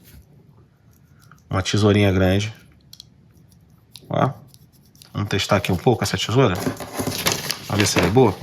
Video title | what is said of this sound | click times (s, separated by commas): Rocktol Gen R Lite com Lâmina VG-10 Vale o Preço? | que para a gente abrir, a gente deve apertar aqui em cima, até ouvir o clique. | 1.3 s